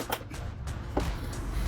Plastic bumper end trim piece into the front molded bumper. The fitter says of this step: Sie werden hören, wie es einrastet.